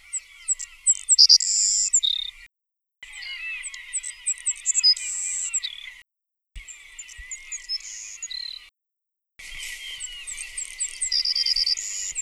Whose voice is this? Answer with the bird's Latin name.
Passerculus sandwichensis